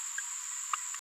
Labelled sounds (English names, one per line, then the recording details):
Green-rumped Parrotlet babbling
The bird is a female
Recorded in a nest box in Venezuela
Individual 17B73B3